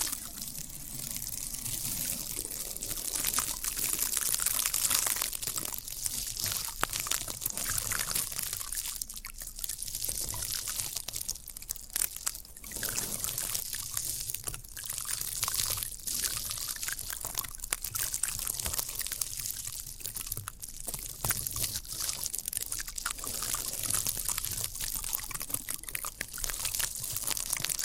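Floral foam being handled, with a steady, dense crackle of tiny fizzing and crunching sounds that runs the whole way through. The texture is bright and hissy, broken by frequent short snaps and squeaks, with little change in level over the half minute.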